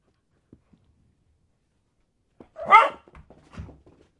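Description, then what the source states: Dog barks once loudly near the three-second mark, followed by softer scuffling and a lower huff. Dog barking while playing fetch.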